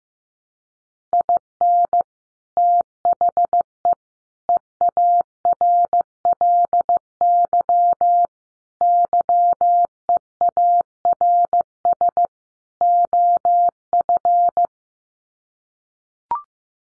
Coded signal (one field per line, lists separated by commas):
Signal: Morse code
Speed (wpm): 15 wpm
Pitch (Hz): 700 Hz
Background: none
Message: IN THE EARLY YEARS OF